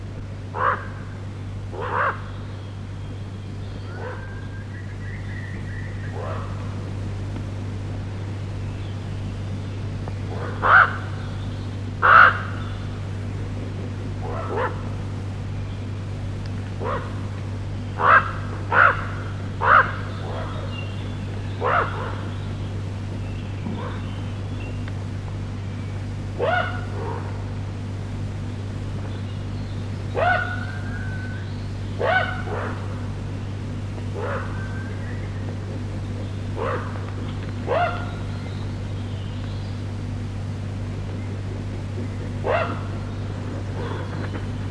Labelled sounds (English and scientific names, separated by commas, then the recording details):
Common Raven (Corvus corax) flight call
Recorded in the wild
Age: adult
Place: Friedrichsmoor, Landschaftsschutzgebiet Lewitz, Mecklenburg-Vorpommern, DE
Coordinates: 53.4572, 11.5731
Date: 1965-05-21 05:16
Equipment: Grundig TK 4, BG 20/6 - 19 cm/s
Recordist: Schubert, Michael